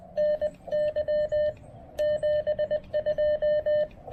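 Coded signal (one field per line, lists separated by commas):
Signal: Morse code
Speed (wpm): 19 wpm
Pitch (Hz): 590 Hz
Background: none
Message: NY 72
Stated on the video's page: POTA park activation at Fort Dobbs with a Xiegu G106 QRP transceiver, MC-750 antenna, BCI filter kit, and battery power that ran down.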